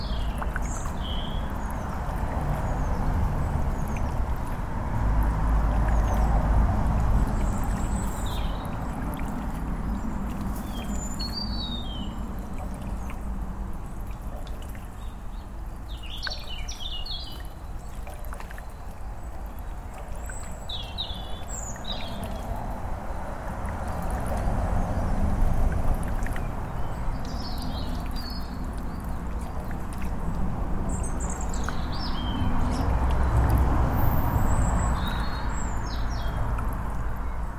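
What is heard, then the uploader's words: Water runs in a steady, dense wash beneath scattered birdsong, with short bright chirps and trills arriving every few seconds throughout. A low traffic rumble stays underneath, swelling noticeably around the middle and again near thirty seconds. I left my Tascam recorder out by a solar powered water pump and it captured the sound of the water, birds, traffic.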